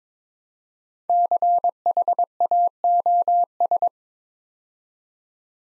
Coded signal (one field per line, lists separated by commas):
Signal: Morse code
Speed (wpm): 22 wpm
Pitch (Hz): 700 Hz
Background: none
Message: CHAOS